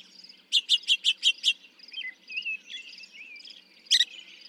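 Northern mockingbird song: six rapid, evenly spaced sharp notes, then softer whistled slurs and a final harsh double note against faint background chatter.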